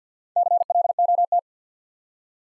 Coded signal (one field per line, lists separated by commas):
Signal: Morse code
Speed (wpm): 48 wpm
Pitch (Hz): 700 Hz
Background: none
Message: CLOT